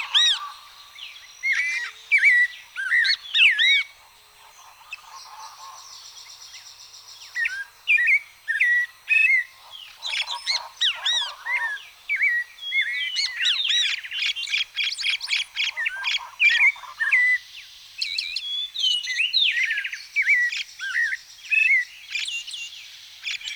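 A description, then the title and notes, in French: Dense birdsong fills a swampy coastal forest, with many overlapping chirps, whistles and trills from several birds at once. The calls are bright, nearly continuous apart from a brief quieter spell around five to seven seconds, over a faint hiss of insects. Forêt marécageuse de la côte nord (Vénézuela) by SolWind.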